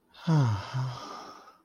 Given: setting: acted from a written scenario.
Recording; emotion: vocal sound without words; serenity